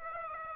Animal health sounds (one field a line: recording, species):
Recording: mosquito wingbeat signal from an infrared sensor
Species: Aedes aegypti